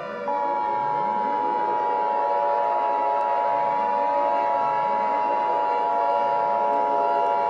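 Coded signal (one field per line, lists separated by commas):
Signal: Emergency Alert System (SAME) tones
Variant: 853 and 960 Hz attention tone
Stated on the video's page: Fictional EAS scenario, a simulated alert.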